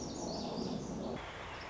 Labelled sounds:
Lazuli Bunting
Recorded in Sonoma County, California

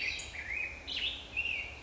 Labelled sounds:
Black-headed Grosbeak
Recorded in Sonoma County, California

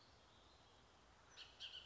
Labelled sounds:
Bullock's Oriole
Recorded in Sonoma County, California

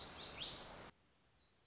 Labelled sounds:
Black-throated Gray Warbler
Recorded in Sonoma County, California

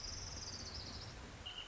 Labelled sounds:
Orange-crowned Warbler
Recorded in Sonoma County, California

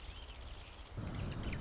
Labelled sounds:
Marsh Wren
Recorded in Sonoma County, California

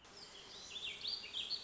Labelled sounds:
Warbling Vireo
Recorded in Sonoma County, California

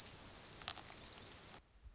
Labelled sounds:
Orange-crowned Warbler
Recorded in Sonoma County, California

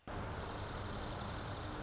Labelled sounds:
Dark-eyed Junco
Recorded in Sonoma County, California

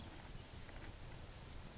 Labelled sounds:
Oak Titmouse
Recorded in Sonoma County, California

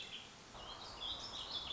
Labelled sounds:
Warbling Vireo
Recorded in Sonoma County, California

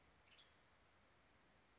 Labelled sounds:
Western Tanager
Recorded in Sonoma County, California

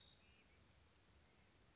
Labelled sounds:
Bewick's Wren
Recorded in Sonoma County, California

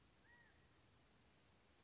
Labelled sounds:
California Quail
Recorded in Sonoma County, California

